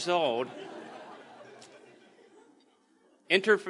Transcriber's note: audience laughs